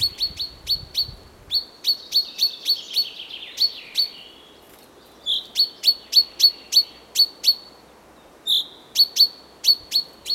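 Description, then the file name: Common chaffinch calling: runs of bright, clipped notes, a few a second, broken by two short pauses. "Fringilla coelebs"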